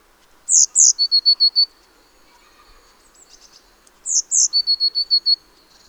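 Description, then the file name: Eurasian blue tit giving two very high thin notes followed by a quick run of several lower even notes, the phrase heard twice with a quiet pause between. "Cyanistes caeruleus"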